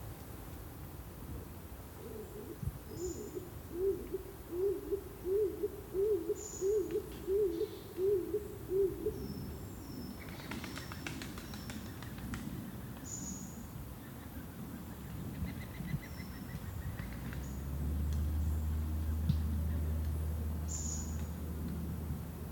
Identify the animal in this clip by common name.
Stock Dove